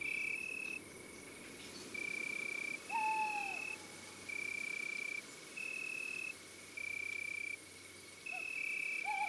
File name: Chouette hulotte femelle Chants doiseaux des bois et des forets